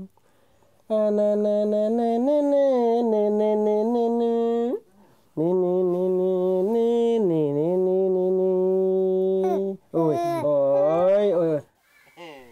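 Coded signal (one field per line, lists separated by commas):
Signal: whistled language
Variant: Kongthong jingrwai iawbei name-tune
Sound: three hummed melodic phrases with steady held notes and small pitch bends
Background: small room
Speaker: Community leader Rothel Kongsep is a new father who's just finished composing a song for his baby boy.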